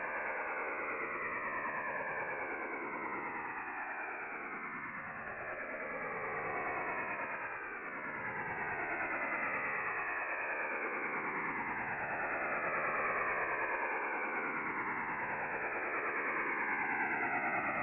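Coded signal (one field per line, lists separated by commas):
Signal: HF data modem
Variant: STANAG 4285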